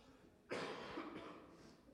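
An adult male pastor coughs during a Palm Sunday sermon.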